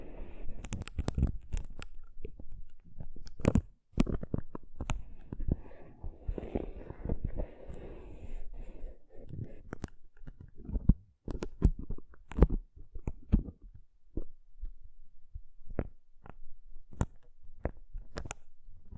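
Rough brain cleaning and picking: wet, squelching tearing and scraping with sharp clicks and pops, busy early, then sparser irregular snaps.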